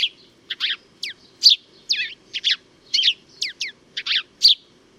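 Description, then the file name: House sparrow chattering in quick, busy chirps, several doubled or slurred downward, almost continuous, with a faint low background hum. "Passer domesticus"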